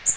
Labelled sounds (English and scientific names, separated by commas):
Magnolia Warbler (Setophaga magnolia) flight call